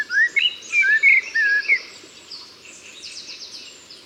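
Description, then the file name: Common blackbird delivers a quick series of mellow, slurred whistles in the first two seconds, then fades, leaving soft high chirping. "Turdus merula"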